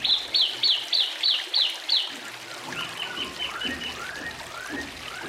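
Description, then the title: Oriental magpie-robin song with a series of sharp repeated notes about three per second, then softer slurred whistles rising upward. "Kicau Kacer"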